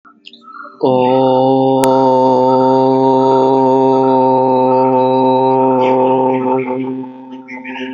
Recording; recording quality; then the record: sustained vowel as in boot; excellent, no background noise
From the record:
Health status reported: healthy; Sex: male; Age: 38 years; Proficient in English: yes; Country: India